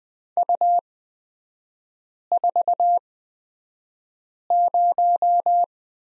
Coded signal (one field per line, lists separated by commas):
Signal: Morse code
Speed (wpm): 20 wpm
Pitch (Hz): 700 Hz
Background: none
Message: U40